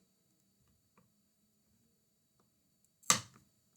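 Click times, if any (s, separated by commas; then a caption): 3.1 s. A second acrylic inlay piece is pressed gently down with a flat surface into the other acrylic earring blank. After a quiet stretch with a few faint ticks, one sharp snap comes at 3.1 s, followed by a softer tick just after. The inlay piece has clicked firmly into place in the blank.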